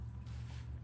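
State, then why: Not seated. A bracket or trim piece is handled against its mount on a car, just before being pressed home. Only a steady low hum with broadband hiss is heard, with no sharp transients, and nothing has seated or clicked yet.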